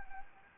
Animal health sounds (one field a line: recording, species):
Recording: mosquito wingbeat signal from an infrared sensor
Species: Anopheles arabiensis